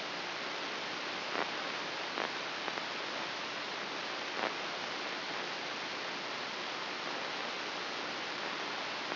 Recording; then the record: brain microelectrode recording played as sound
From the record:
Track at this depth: inside the subthalamic nucleus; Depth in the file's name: 3.228 mm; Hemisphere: left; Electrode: 3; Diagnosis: Parkinson's disease